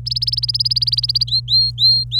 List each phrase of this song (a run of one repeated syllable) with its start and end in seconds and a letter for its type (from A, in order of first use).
0.06-1.24 A, 1.27-2.19 B